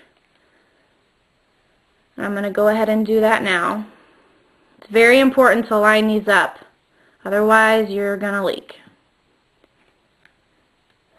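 A cartridge tank for an eGo-T starter kit is placed and lined up on its atomizer before a firm press, with the parts aligned so the tank does not leak. Someone talks in three stretches from about 2.2 to 9.0 seconds, followed by a few faint ticks near 9.6 and 10.3 seconds. Nothing has seated or clicked yet.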